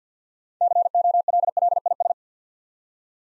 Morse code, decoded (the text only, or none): COLLIS